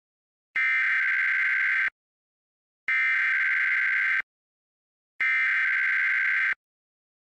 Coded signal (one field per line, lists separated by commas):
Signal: Emergency Alert System (SAME) tones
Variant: header bursts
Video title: EAS #1156-1157: 2 EAS Required Monthly Tests- Mar. 5, 2026- 10:14AM PST